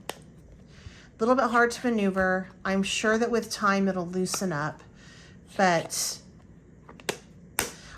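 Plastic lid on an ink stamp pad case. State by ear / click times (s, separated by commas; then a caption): seated / 7.6 s. Someone talks while working the stiff hinged plastic lid on an ink stamp pad case, and the lid snaps shut with a sharp click at 7.6 seconds. A few lighter ticks come just before, around 6.9 to 7.1 seconds, and the lid ends up clicked in place.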